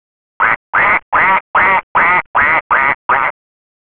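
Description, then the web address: Duck quacking: eight harsh, nasal quacks in a steady series, about two to three per second, each short and even, with complete silence around them. "letslisten Duck"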